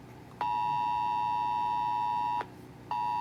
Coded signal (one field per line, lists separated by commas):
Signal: Emergency Alert System (SAME) tones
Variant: 853 and 960 Hz attention tone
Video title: October 2023 EAS Alarm Test while home searching